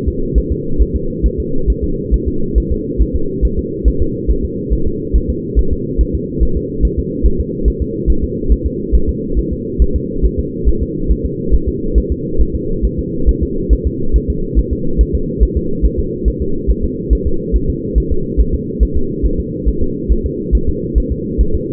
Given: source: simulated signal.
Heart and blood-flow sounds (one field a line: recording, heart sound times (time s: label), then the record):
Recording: fetal heart sounds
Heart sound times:
0.08 s: S2
0.38 s: S1
0.52 s: S2
0.82 s: S1
0.96 s: S2
1.26 s: S1
1.40 s: S2
1.70 s: S1
1.84 s: S2
2.14 s: S1
2.28 s: S2
2.58 s: S1
2.72 s: S2
3.02 s: S1
3.16 s: S2
3.45 s: S1
3.59 s: S2
3.88 s: S1
4.02 s: S2
4.31 s: S1
4.44 s: S2
4.73 s: S1
4.87 s: S2
5.16 s: S1
5.30 s: S2
5.59 s: S1
5.73 s: S2
6.01 s: S1
6.15 s: S2
6.43 s: S1
6.57 s: S2
6.85 s: S1
6.99 s: S2
7.26 s: S1
7.40 s: S2
7.68 s: S1
7.82 s: S2
8.10 s: S1
8.24 s: S2
8.52 s: S1
8.66 s: S2
8.95 s: S1
9.09 s: S2
9.39 s: S1
9.53 s: S2
9.82 s: S1
9.96 s: S2
10.25 s: S1
10.39 s: S2
10.69 s: S1
10.82 s: S2
11.12 s: S1
11.25 s: S2
11.55 s: S1
11.69 s: S2
11.98 s: S1
12.12 s: S2
12.41 s: S1
12.55 s: S2
12.85 s: S1
12.99 s: S2
13.29 s: S1
13.43 s: S2
13.73 s: S1
13.87 s: S2
14.16 s: S1
14.30 s: S2
14.59 s: S1
14.73 s: S2
15.01 s: S1
15.15 s: S2
15.43 s: S1
15.57 s: S2
15.86 s: S1
16.00 s: S2
16.28 s: S1
16.42 s: S2
16.70 s: S1
16.84 s: S2
17.13 s: S1
17.27 s: S2
17.56 s: S1
17.70 s: S2
17.98 s: S1
18.12 s: S2
18.41 s: S1
18.55 s: S2
18.83 s: S1
18.97 s: S2
19.26 s: S1
19.40 s: S2
19.69 s: S1
19.82 s: S2
20.12 s: S1
20.26 s: S2
20.55 s: S1
20.69 s: S2
20.98 s: S1
21.12 s: S2
21.41 s: S1
21.55 s: S2
From the record:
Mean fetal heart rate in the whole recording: 140 bpm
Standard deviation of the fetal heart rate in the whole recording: 2 bpm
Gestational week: 34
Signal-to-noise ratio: -8.1 dB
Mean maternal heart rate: 72 bpm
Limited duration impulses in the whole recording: present